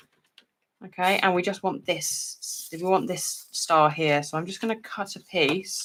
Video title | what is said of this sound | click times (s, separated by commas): How to make a Barn Door Card | you basically grab the die, you put it into the thing, and it just kind of clicks in place. | 0.4 s